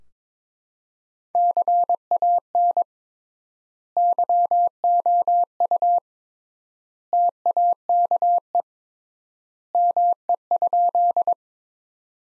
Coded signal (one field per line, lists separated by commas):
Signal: Morse code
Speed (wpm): 22 wpm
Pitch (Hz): 700 Hz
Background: none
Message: CAN YOU TAKE ME?